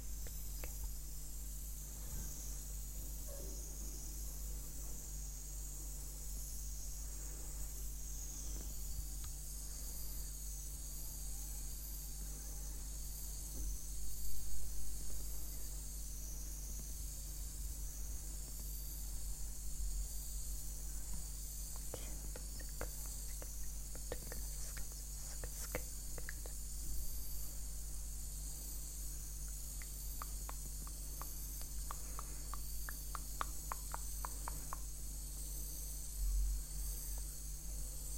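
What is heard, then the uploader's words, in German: Face-massage triggers with inaudible whispering: a steady soft hiss runs throughout over a low constant hum. Faint brushing and tapping sounds come and go, clustering more densely between about 22 and 35 seconds, with a slightly louder rustle near 14 seconds. Face massage (skincare, personal attention).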